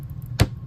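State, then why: Seated. A new daughter card is pressed firmly down into its header connector on a Gottlieb Diamond Lady System 80B pinball MPU board. Over a low steady hum, a single sharp, bright snap at 0.4 s marks the card seating into place.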